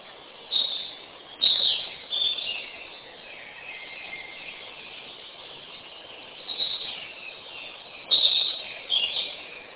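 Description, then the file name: Bird giving scattered short chirps and twitters in separate bursts, heard over a steady muffled background hiss. "kunstradio voegel"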